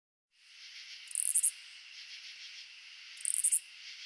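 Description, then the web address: Oblong-winged katydid song: two short raspy bursts of high ticking pulses about two seconds apart, over a steady background hum. "Crickets and Katydids. Oblongwinged Katydid, Amblycorypha oblongifolia"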